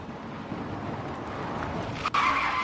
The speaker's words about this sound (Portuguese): Estacionei meu carro e me dirigi até o escritório.